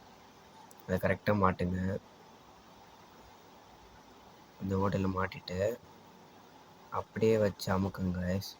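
The lower lock tab of a plastic inner lint filter on an IFB washing machine is being lined up and hooked into its hole in the machine housing before being pressed home, while someone talks in three bursts over a steady low hum. A brief faint tick comes at about 0.7 s, but nothing has seated or clicked yet.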